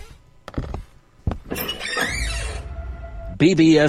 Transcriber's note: banging sound; door creaks